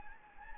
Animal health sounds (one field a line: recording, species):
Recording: mosquito wingbeat signal from an infrared sensor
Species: Anopheles gambiae